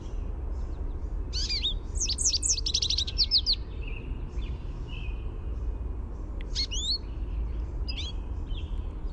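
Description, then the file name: American goldfinch contact song: a quick burst of bright twittering notes early on, then scattered rising sweeps, with constant low background rumble. Contact song, a "sweeet" note. "AMGO contact song sweeet"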